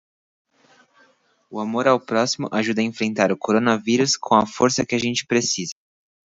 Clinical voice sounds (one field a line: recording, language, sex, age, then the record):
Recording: spoken sentence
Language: Brazilian Portuguese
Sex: male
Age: 20 to 29 years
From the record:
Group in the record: control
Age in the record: 21 years